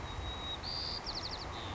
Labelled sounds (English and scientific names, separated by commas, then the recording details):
White-crowned Sparrow (Zonotrichia leucophrys)
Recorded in Sonoma County, California